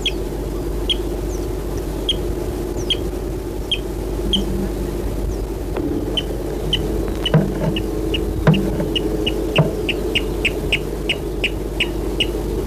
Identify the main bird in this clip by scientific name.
Rallus aquaticus